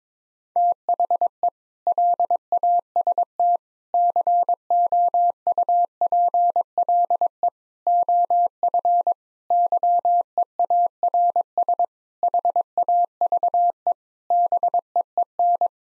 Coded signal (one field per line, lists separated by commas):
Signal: Morse code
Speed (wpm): 22 wpm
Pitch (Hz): 700 Hz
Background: none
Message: THE LAST COUPLE OF YEARS HAVE BEEN